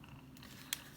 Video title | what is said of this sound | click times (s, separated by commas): How to Replace XBOX ONE THUMBSTICKS | them back into place and they'll just click right in | 0.7 s